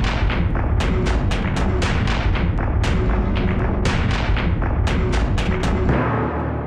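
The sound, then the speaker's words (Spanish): A wooden door is battered and splintered, with splinters flying everywhere, in a rapid, irregular series of heavy thuds and sharp cracks over a dense, loud rumble of noise that persists throughout. “Veo cómo saltan las astillas de la puerta por todas partes.”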